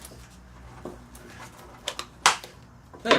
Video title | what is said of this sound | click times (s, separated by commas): Reusing a Plastic Bottle to Grow Landscaping Plants | you have to push it in that snaps | 2.3 s